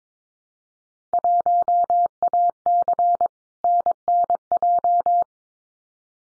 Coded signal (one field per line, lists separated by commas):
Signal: Morse code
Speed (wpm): 22 wpm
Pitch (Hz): 700 Hz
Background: none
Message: 1AC NNJ